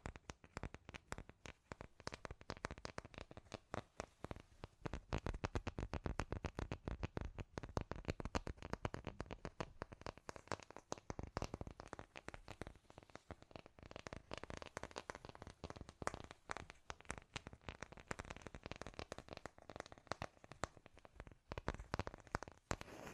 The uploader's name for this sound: Scratchy Tapping